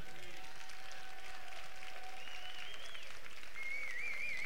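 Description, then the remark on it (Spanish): Loud, sustained applause from a large audience greeting the newly presented festival queens, adult and child, and their companions at Cuarte de Huerva in 2010, a dense steady wash of clapping with a few thin whistles rising above it near the end. “Vamos a desearles a estas guapísimas reinas, entrantes mayores, entrantes infantiles y sus acompañantes, sus pajes, un feliz y estupendo reinado que comienza con este fuerte, no, bueno, ya apoteósico aplauso.”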